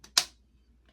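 After the injector pen is unlocked, the button on the pen body is pushed and a sharp click sounds at 0.2 s as the injection mechanism fires, starting the injection. A faint tick comes just before at 0.0 s and a soft one near 0.9 s.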